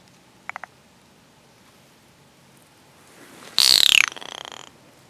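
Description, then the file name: California giant salamander cry: a few soft ticks, then a harsh, downward-sliding rasp that breaks into a rapid stutter before fading. "Dicamptodon ensatus"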